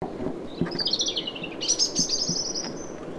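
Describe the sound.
European robin giving high, thin warbled phrases with a brief sparkling trill, accompanied by soft low thumps and background rumble.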